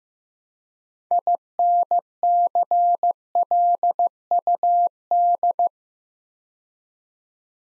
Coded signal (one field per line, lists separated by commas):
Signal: Morse code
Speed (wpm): 15 wpm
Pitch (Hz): 700 Hz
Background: none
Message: INCLUD